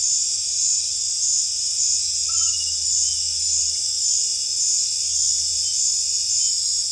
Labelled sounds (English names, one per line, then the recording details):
none
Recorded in dense forest near Puerto Asís, Putumayo, Colombia, on 20 December 2024 at 20:00
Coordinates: 0.482, -76.320
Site G021